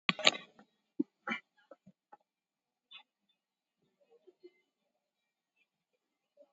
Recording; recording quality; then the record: shallow breathing; poor, much background noise or distortion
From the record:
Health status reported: COVID-19 positive, mild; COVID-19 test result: positive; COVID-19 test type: RT-PCR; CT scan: taken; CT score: 7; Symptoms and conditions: cough, cold, breathing difficulty, hypertension, diabetes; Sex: male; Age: 68 years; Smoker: no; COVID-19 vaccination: one dose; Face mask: worn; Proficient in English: yes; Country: India